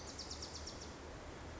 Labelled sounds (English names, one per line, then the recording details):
Bewick's Wren
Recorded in Sonoma County, California